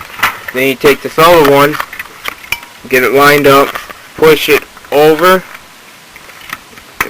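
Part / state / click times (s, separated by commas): plastic drive part into GameCube console housing clip / seated / 7.0 s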